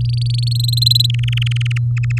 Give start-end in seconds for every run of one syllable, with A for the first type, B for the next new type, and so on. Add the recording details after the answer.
0.01-0.49 A, 0.51-1.06 B, 1.10-1.78 C, 1.97-2.19 D. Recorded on 3 May 2018 at 18:19. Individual llb16